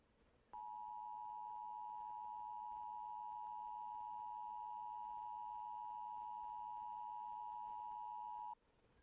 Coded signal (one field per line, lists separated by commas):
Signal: Emergency Alert System (SAME) tones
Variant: 853 and 960 Hz attention tone